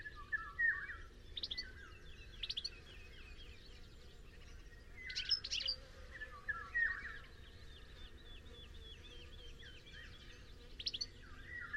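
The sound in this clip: Bird calling: scattered sharp high chirps and short lower whistled phrases at irregular intervals, over a constant low rumble.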